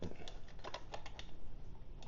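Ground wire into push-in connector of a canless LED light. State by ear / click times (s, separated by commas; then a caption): not seated / none. A copper ground wire is pushed into the push-in terminal of a canless LED light's connector. A few faint, short ticks and taps sound over steady low background noise. The wire goes in, but nothing has clamped or clicked into place yet.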